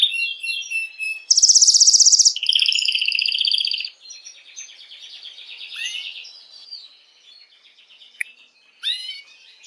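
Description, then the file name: Belgian mosaic canary singing varied phrases, then a loud, piercing high trill followed by a lower rolling trill, then softer twittering and a few sharp chips. "canto do canario belga mosaico"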